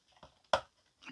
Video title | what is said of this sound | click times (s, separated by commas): MOTU Masterverse New Eternia Skeletor Bone Throne Review and Setup! | right, so I got that snapped in. | 0.5 s